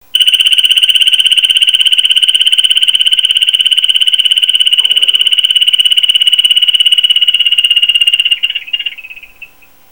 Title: Dendrobates leucomelas, le dendrobate jaune et noir